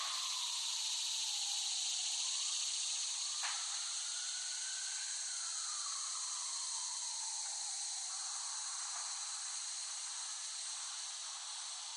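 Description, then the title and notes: Cicadas in a steady high hiss-like drone, while a faint wailing tone slowly rises and falls underneath, with a sharp click. Cicadas recorded in West Brighton, Staten Island, late summer 2008. "The Cicadas of Summer. Recording of cicadas made by Dan Bodah in West Brighton, Staten Island, late summer 2008"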